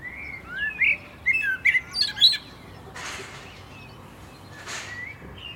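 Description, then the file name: Common blackbird song phrases: quick, varied whistled and twittering notes in the first half, followed by two brief bursts of rushing noise and a faint high note. "Turdus merula"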